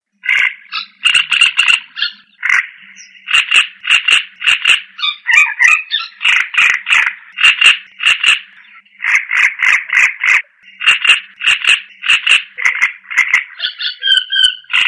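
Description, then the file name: Bird song made of loud, harsh rasping bursts repeated in rapid runs, broken by short clear whistled and twittering phrases. "burungasing"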